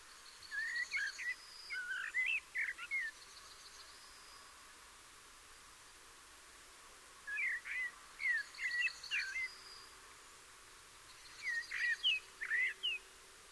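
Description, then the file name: Eurasian blackbird delivering three clusters of rich, fluty warbled notes with faint high twittering, separated by quiet gaps. "Turdus merula"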